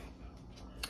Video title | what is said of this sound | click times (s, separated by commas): Homemade Fig Preserves and Homestead Canning Different Techniques | you heard that click that was one of these lids just went down | 0.8 s